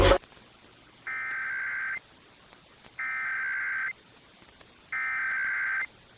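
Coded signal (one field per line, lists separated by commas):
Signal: Emergency Alert System (SAME) tones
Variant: header bursts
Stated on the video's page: Nationwide periodic EAS test relayed by local Kentucky radio stations, heard over-the-air and via web stream, including an AM station and an FM translator.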